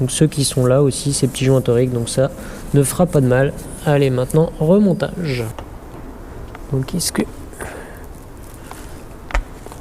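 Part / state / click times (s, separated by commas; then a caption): VANOS solenoid into engine cylinder head bore / seated / 9.3 s. A VANOS solenoid on a BMW E91, fitted with new, slightly swollen O-rings, is pushed back into its bore in the engine cylinder head. Someone talks, then after a few soft knocks a sharp click at 9.4 s marks the solenoid slotting home and seating.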